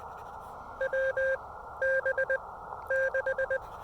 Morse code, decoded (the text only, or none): W B 6